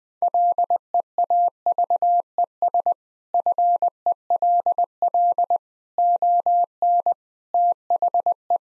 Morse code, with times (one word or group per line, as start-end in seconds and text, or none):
0.2-2.9 LEAVES
3.3-5.6 FELL
6.0-7.1 ON
7.5-8.6 THE